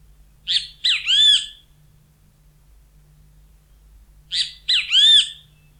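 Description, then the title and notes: Great kiskadee giving two strident three-note calls, each ending in a bright arched note, about four seconds apart over a faint low background hum. Bahía Blanca, Argentina; lives in busy plazas and parks, tame and unafraid of people; its song is rendered "bicho fuii", giving local names benteveo, bicho feo, pitogüé, bienteví. "Museo de Ciencias de Bahía Blanca. Benteveo (Pitangus sulphuratus). Habita en las plazas y parques más concurridos. Su canto particular "bicho fuii", le otorga otros nombres comunes como "bicho feo", "pitogüé", "bienteví""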